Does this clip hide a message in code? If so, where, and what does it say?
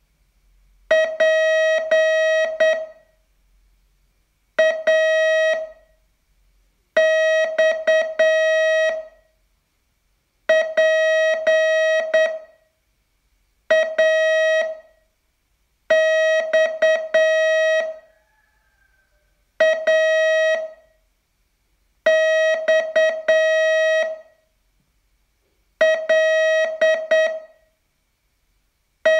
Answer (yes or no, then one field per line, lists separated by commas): yes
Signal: Morse code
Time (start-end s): 0.9-29.2 s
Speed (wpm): 8 wpm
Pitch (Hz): 640 Hz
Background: none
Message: PAX PAX AXLE